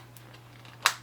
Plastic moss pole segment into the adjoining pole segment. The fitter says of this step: once they snap into place